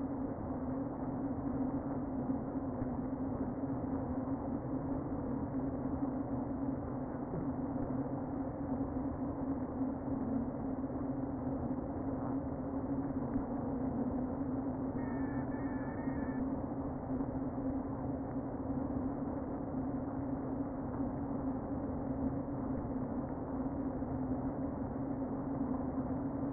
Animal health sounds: honeybee colony, microphone inside the hive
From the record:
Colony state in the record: queen present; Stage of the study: before two queens were removed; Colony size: about 60,000 bees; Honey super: yes

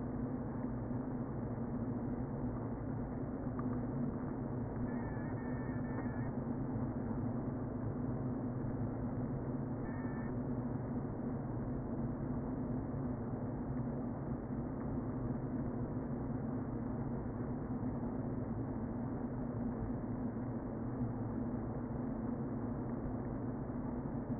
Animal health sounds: honeybee colony, microphone inside the hive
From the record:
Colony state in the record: queen present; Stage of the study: before two queens were removed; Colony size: about 60,000 bees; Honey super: yes

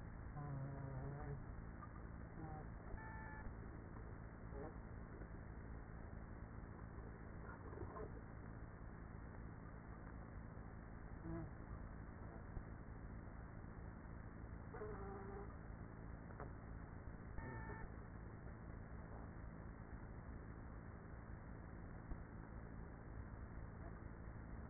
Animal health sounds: honeybee colony, microphone inside the hive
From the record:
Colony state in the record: queenless with a low population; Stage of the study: after two queens were removed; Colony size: about 30,000 bees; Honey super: no

